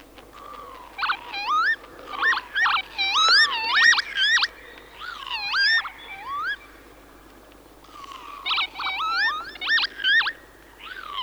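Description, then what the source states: Northern Lapwing giving repeated slurred, wheezy calls rising and falling in pitch, in bursts separated by a brief pause. Field recording from Sweden.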